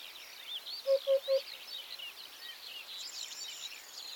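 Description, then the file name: Eurasian hoopoe uttering a single set of three low, hollow hoots, with a constant background of high twittering birds and a brief thin buzzy note near the end. "Eurasian Hoopoe Upupa epops"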